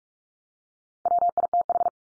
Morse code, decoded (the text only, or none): WITH